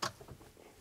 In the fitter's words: Make sure you hear the click.